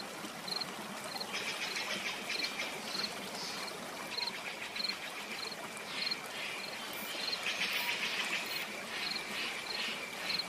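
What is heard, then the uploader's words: A rainforest scene filled with a dense, steady wash of insect noise. A cricket-like chirp repeats at a regular pace, about twice a second, high and bright, while louder buzzing swells come and go over a soft, constant low hiss. 3hrs of Rainforest Sounds for Sleep, Relax, Cure Insomnia.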